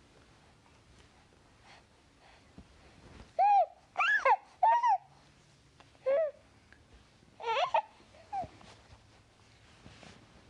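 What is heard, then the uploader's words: A baby makes happy vocal noises, short squeals and coos with rising and falling pitch, arriving in bursts around 3.5 to 5 seconds, near 6, and again near 7.5 to 8.5 seconds. The voice is fairly bright, with a quiet hush between sounds. Just a little over minute of happy baby noises.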